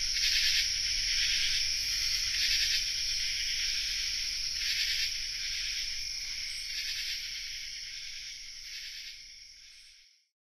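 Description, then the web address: Common true katydid chorus, harsh rhythmic rasping pulses repeated about twice a second that gradually fade away to silence near the end. Chorus, North America. "Songs of Insects -Common True Katydid chorus"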